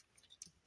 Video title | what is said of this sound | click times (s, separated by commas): Transformers Legacy Velocitron Speedia 500 Leader Class RID2001 Scourge | make sure it all clicks into place | 0.4 s